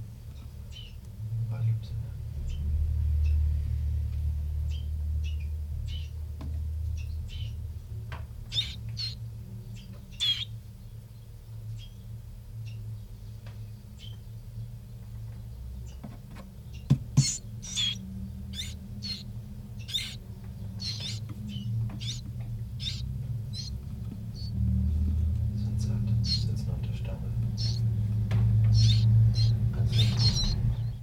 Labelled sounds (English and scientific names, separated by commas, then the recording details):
Willow Warbler (Phylloscopus trochilus) call
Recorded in captivity
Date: 1966-06-17 14:30
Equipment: Nagra III BH, Sennheiser MD 21
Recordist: Schubert, Michael